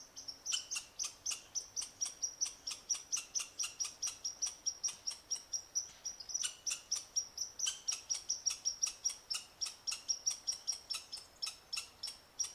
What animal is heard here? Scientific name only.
Tamiasciurus hudsonicus